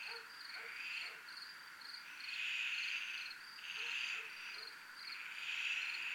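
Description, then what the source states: Crickets chirping in high pulses throughout, with broad buzzy surges that swell and fade several times. Crickets recorded at a zona militar (military zone).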